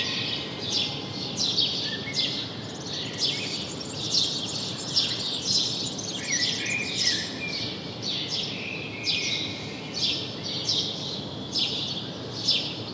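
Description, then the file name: House sparrow calling steadily: a long run of strident chirps over a constant hiss. "Passer domesticus"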